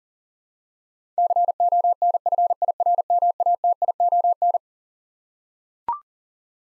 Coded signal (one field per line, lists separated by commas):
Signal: Morse code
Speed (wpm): 37 wpm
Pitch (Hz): 700 Hz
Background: none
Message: CONFIRMATION